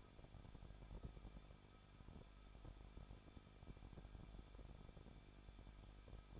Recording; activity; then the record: daily activity, microphone in the room; no activity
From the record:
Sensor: 5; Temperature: 20.9 degrees Celsius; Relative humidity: 38.2%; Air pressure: 1006.4 hPa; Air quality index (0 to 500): 187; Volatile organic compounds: 18 ppm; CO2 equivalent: 2626 ppm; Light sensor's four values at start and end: 2/3/1/1 and 2/3/1/1